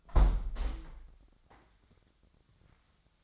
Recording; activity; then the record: daily activity, microphone in the room; close window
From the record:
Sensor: 3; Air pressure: 998.0 hPa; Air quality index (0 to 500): 130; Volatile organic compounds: 4 ppm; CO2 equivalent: 1550 ppm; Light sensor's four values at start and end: 14/42/17/15 and 14/42/17/16